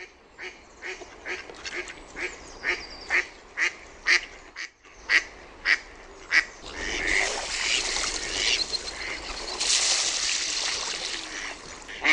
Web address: SINISORSA. OMAT LINTUAANITYKSET